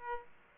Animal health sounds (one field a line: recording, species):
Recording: mosquito wingbeat signal from an infrared sensor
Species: Aedes aegypti